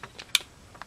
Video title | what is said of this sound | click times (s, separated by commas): PT840 2nd Impression and firing pin block failure | when you hear a click you may just heard it | 0.3 s